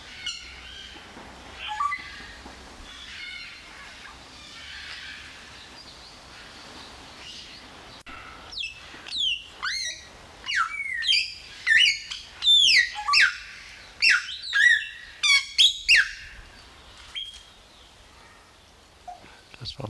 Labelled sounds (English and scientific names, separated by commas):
Grey Parrot (Psittacus erithacus)